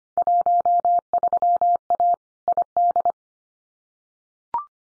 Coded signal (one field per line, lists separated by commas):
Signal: Morse code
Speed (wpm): 25 wpm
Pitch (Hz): 700 Hz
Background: none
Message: 13A ID